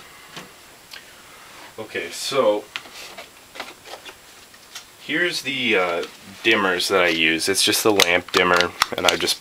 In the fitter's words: you're gonna want to make sure it clicks in the back there.